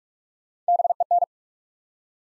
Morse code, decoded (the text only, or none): BEN